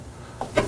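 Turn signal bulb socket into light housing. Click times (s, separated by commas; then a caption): 0.4 s, 0.6 s. A plastic turn signal bulb socket holding a new LED bulb is twisted clockwise into the tail light housing. Two short clicks are heard at 0.4 s and 0.6 s, the second brighter and fuller, over quiet background noise. The socket twist-locks into its seated position.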